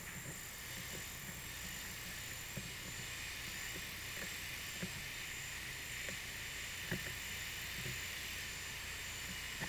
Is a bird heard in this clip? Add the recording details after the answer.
no. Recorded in pastures near Puerto Asís, Putumayo, Colombia, on 23 June 2025 at 09:30. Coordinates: 0.486, -76.323. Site H29